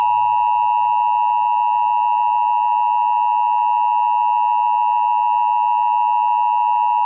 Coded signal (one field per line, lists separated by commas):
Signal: Emergency Alert System (SAME) tones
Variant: 853 and 960 Hz attention tone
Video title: onyx2105 eas alert